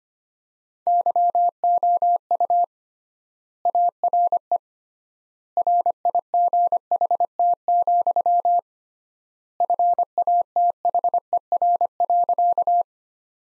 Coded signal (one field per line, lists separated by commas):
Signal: Morse code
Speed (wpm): 25 wpm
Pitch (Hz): 700 Hz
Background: none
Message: YOU ARE RIGHT, FATHER.